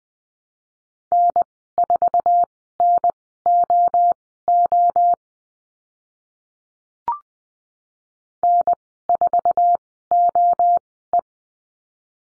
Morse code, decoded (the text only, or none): N4NOO N4OE